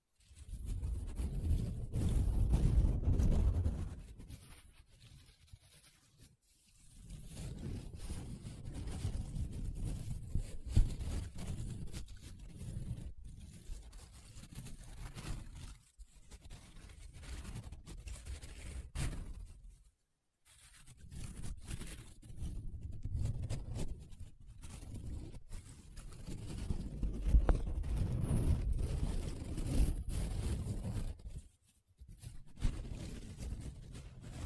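Paper being rubbed and scratched in long, dense rasping strokes, mostly low and coarse, broken by brief silences near 6, 16, 20 and 31 seconds.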